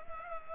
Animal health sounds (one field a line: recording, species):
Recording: mosquito wingbeat signal from an infrared sensor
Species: Culex pipiens